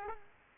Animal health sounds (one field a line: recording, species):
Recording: mosquito wingbeat signal from an infrared sensor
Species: Aedes aegypti